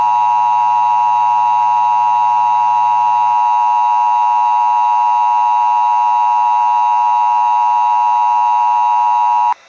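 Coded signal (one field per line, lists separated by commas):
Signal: Emergency Alert System (SAME) tones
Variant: 853 and 960 Hz attention tone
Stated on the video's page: Fictional EAS scenario in analog horror style, not based on a real event.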